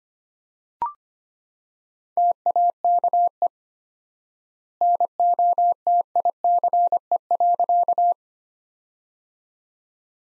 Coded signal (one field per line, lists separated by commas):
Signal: Morse code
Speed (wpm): 25 wpm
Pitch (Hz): 700 Hz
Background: none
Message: TAKE NOTICE.